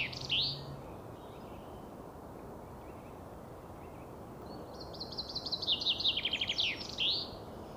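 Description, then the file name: Common chaffinch song: a brief high note, a pause, then one bright descending trill of repeated notes ending in a quick flourish, over steady background hiss. "Fringilla coelebs"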